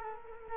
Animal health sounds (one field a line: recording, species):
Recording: mosquito wingbeat signal from an infrared sensor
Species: Culex quinquefasciatus